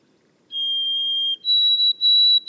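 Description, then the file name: White-throated sparrow song: one long clear whistle, then a higher whistle broken into repeated notes, clean and sweet with a quiet background. Boreal forest of Haute-Côte-Nord, 29 May 2018. "bruant-a-gorge-blanche-foret-boreale-de-la-haute-cote-nord-29-mai-2018"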